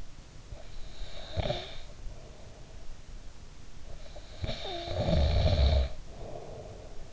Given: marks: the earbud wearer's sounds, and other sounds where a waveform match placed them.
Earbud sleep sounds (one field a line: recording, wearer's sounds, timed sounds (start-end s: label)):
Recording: sounds in sleep by an in-ear microphone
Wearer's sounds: snoring breath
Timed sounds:
0.44-2.91 s: snoring breath
3.82-7.13 s: snoring breath